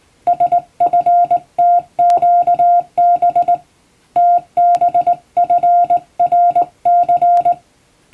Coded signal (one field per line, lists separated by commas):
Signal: Morse code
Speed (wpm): 20 wpm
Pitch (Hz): 700 Hz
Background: music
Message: SFTQB TBFRC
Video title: 【Radio operator morse practice】This is a Morse code practice video. There is a morse exam in japan.